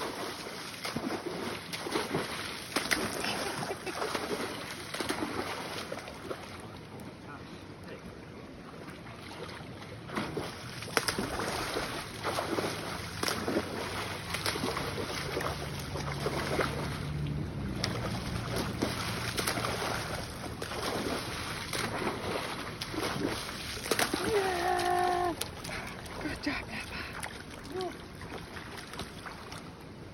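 A dog splashes about in a river, with constant rushing and sloshing water and frequent sharp splashes throughout. A low steady hum rises in the middle stretch, and a brief voice-like call sounds near the twenty-five second mark.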